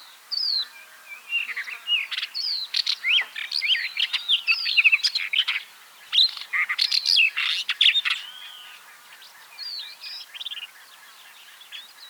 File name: Capped wheatear